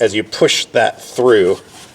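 A small plastic push-rivet plunger is pushed through a rubber grommet on the side plastic panel of a Permobil F3 wheelchair while the grommet is held from behind. Someone talks throughout, with only faint rubbing of handling underneath. Nothing has seated or clicked yet.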